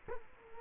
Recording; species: mosquito wingbeat signal from an infrared sensor; Culex quinquefasciatus